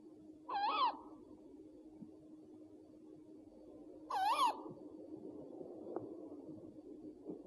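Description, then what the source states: Owl giving two hoarse, wavering calls with bright overtones about three and a half seconds apart, a low steady hum underneath. One of 69 call variants from 11 owl species.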